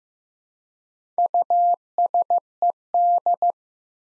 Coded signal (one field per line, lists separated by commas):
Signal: Morse code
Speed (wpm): 16 wpm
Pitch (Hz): 700 Hz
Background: none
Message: USED